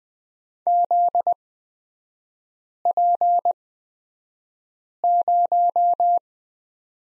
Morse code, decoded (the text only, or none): ZP0